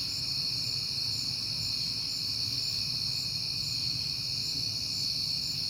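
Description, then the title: Crickets trilling continuously at a high pitch, the chorus even and unbroken, over a faint low rumble. Recorded on a peaceful night in September; passing cars also heard. "Night Time: Crickets and Passing Cars"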